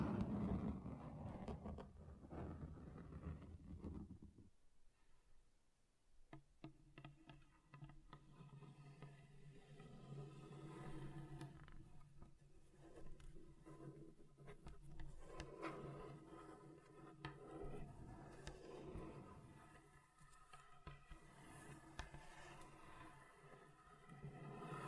Table Scratching Different Surfaces